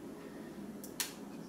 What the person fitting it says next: And there it is, it's locked in.